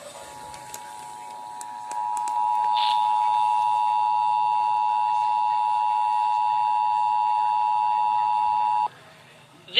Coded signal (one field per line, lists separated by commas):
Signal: Emergency Alert System (SAME) tones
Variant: 853 and 960 Hz attention tone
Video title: I went all out for the RMT... (EAS 388-398)